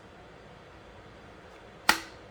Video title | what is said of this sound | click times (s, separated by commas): Glock 45 W:Trex Sidecar W: TLR7 Original, Copy made to horizontal view | boom she snaps into place this feels like it snaps into place more than the fn 509 mrd did | 1.9 s